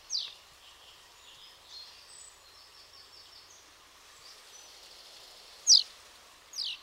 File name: housemartin